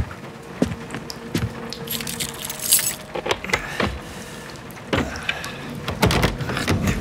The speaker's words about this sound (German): Verdammte Tür klemmt schon wieder.